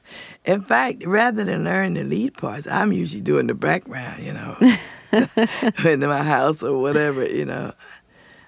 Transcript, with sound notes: In fact, rather than learn the lead parts, I'm usually doing the background, you know?
(Laughter).
In my house or whatever, you know?